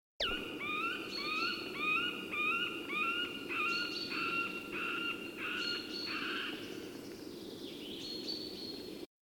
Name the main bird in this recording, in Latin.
Dendrocopos medius